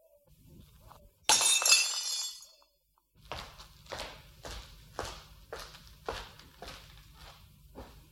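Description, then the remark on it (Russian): A wine glass is smashed after a toast at a gathering, with a sharp crash and a bright spray of tinkling shards, followed after a short pause by a steady run of footsteps. “Ну, знаете, разбить бокал. Какая нелепая выходка.”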